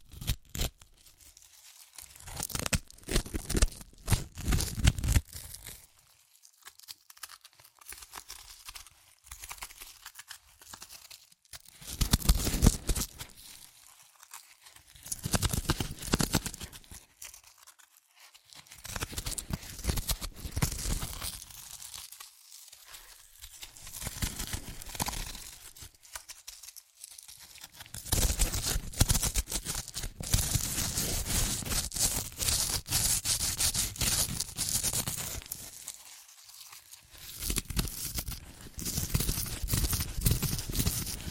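Crunchy chips are crushed and eaten in dense, crackling bursts that come every few seconds, with brief quiet gaps between them. The crunching is bright and gritty, with crinkling and tearing textures, and grows longer and busier after about 27 seconds.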